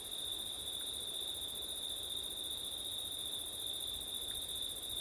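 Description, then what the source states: Crickets chirring continuously at a high pitch, a smooth unchanging chorus with light wind noise behind. Crickets at night in September, with wind; recorded with an ORTF stereo setup (given as 'ortif').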